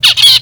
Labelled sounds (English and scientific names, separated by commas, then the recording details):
Zebra Finch (Taeniopygia guttata) distance call
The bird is a male
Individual mal11